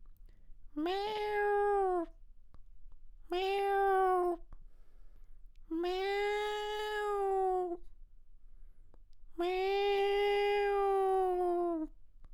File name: Cat meow while in heat crying or annoyed